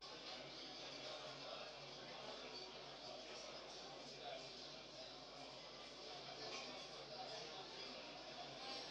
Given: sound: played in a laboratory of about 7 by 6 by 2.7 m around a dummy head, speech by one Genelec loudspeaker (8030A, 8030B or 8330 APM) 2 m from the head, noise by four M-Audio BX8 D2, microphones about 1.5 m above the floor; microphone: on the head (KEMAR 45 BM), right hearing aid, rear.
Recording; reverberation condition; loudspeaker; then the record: cafeteria noise; medium; four, about 170 cm from the corners of the room and facing them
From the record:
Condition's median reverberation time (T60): about 510 ms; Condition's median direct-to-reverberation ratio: about -0.5 dB